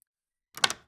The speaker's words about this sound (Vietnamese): Bỗng dưng có tiếng mở cửa, có người bước vô.